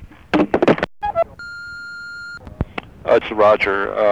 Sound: phone beeps